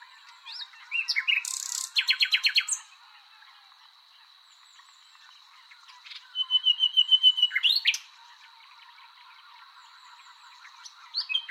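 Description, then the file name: Common nightingale song of rapid pulsed trills, loud stuttering phrases at the start and again midway with a thin whistle, then soft notes, over a steady high tone. "Luscinia megarhynchos"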